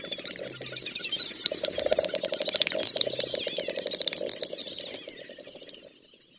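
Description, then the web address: Great snipe with a short burst of crisp clicks and twisting high whistled warbles, swelling to a peak then fading away at the close. "Przyroda Ptaki Dubelt"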